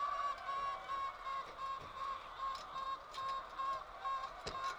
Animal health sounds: poultry house recording; healthy chickens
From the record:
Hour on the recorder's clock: 21

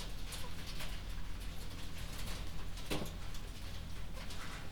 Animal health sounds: poultry house recording; healthy chickens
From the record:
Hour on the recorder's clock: 21

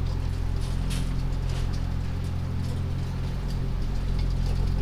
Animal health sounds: poultry house recording; healthy chickens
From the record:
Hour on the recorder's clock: 2

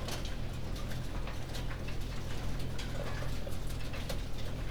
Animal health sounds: poultry house recording; no chicken sound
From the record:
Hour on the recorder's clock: 19

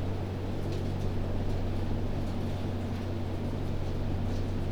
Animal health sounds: poultry house recording; no chicken sound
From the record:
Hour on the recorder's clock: 3

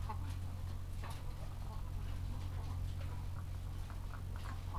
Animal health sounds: poultry house recording; sick chickens (respiratory disease)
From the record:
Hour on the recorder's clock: 14

